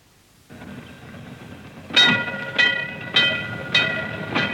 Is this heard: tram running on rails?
yes